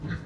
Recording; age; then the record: pig call; growing-finishing pig (85 days or more)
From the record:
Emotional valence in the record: positive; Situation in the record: run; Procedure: transit